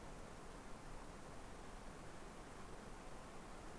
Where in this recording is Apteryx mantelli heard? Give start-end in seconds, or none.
none